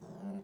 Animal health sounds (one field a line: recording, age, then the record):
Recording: pig call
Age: piglet (1 to 25 days)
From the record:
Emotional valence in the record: negative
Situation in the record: short isolation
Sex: female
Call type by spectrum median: low-frequency call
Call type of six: low-frequency stable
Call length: 0.44 s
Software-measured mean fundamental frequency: 60 Hz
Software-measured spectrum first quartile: 194 Hz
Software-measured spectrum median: 253 Hz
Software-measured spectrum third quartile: 558 Hz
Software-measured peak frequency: 194 Hz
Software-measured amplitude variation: 126 dB a second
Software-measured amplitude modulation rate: 19.4 a second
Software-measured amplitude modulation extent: 6.5 dB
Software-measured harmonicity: 7.8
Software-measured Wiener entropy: -0.11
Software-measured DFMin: 1102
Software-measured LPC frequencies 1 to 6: 2764, 3729, 4728, 5588, 6405, 7946 Hz